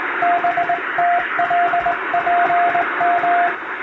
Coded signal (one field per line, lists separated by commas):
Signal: Morse code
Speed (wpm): 20 wpm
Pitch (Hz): 700 Hz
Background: radio noise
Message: BTLPM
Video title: 【モールス教室毎日開催中！】第１級無線通信士が打つ綺麗な手打ち欧文モールス信号です。アマチュア無線ハムの練習にもどうぞ(morse code practice radio operator )